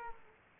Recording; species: mosquito wingbeat signal from an infrared sensor; Aedes aegypti